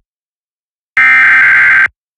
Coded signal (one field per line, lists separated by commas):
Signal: Emergency Alert System (SAME) tones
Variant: header bursts